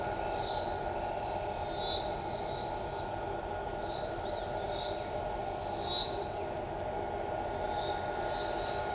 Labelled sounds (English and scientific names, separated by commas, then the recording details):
Pale-legged Hornero (Furnarius leucopus)
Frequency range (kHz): Pale-legged Hornero (Furnarius leucopus) 2.3-3.7 kHz
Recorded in shrubland near Pivijay, Magdalena, Colombia, on 14 April 2023 at 12:00
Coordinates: 10.453, -74.365
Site P5-G022